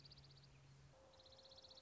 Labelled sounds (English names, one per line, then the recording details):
Dark-eyed Junco
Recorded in Sonoma County, California